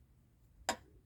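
A part with a locating tooth, plastic or metal, is fitted onto the front sub-frame of a 1:8 scale Centauria edition Audi quattro model car (issue 14) during assembly. After a quiet stretch, a single sharp, bright click is heard at 0.7 s as the tooth snaps into the chassis. The part is confirmed seated in place.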